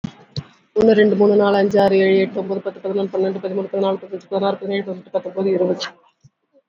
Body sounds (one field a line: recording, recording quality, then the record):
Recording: counting at a fast pace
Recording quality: excellent, no background noise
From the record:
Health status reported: healthy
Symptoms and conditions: cough, fever, muscle pain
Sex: female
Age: 46 years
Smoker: no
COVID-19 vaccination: both doses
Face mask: worn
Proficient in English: yes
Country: India